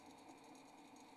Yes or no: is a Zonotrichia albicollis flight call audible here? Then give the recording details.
no. No flight call is heard. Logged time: 02:46 on 28 November 2014